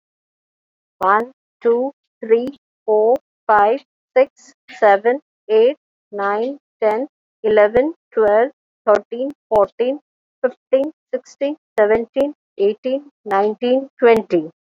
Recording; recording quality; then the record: counting at a normal pace; excellent, no background noise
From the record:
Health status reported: recovered from COVID-19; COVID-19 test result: positive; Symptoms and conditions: none ticked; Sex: female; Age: 50 years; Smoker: not ticked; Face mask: worn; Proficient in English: yes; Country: India